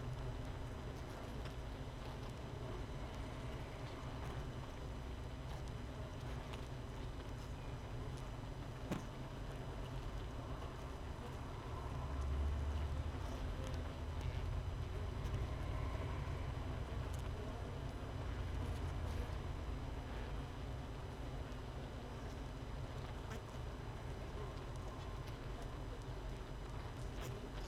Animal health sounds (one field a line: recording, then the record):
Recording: honeybee colony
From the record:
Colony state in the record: missing queen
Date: 31 May 2018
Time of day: 6:35